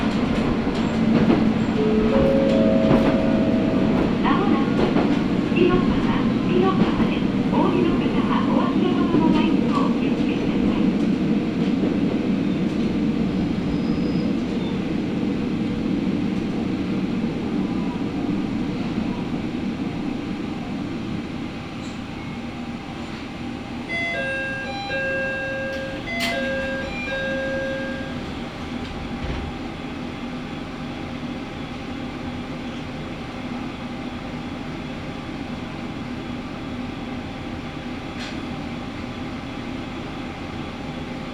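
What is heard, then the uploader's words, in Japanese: A Matsuura Railway train runs from Matsuura toward Imari, with steady low rumbling and rattling of the carriage throughout. The first ten seconds are louder, with tonal whines and squeals, then the ride settles quieter. Brief pitched beeps sound around 24 to 28 seconds. 松浦鉄道 松浦→伊万里。松浦から伊万里は海岸線に沿ったりしながら磁器で有名な伊万里へ向かいます。少しずつ乗客が乗り出してきました。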